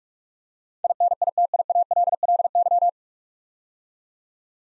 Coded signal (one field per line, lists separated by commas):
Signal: Morse code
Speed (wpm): 44 wpm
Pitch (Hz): 700 Hz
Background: none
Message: INITIALLY